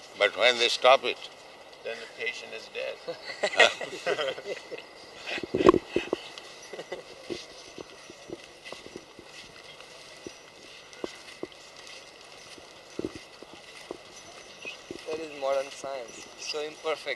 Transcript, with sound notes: But when they stop it...?
Then the patient is dead. [laughter]
That is modern science, so imperfect.